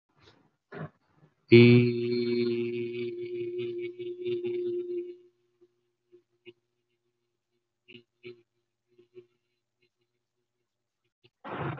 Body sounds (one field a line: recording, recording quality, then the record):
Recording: sustained vowel as in beet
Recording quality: excellent, no background noise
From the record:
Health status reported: healthy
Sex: male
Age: 20 years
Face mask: not worn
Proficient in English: yes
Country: India